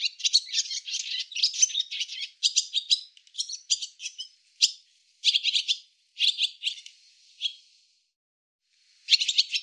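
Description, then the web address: Barn swallow twittering: bursts of bright, scratchy chirps and short warbles, broken by brief pauses and a longer silence before a final burst. "cianscape birddata Deverinetal 2025"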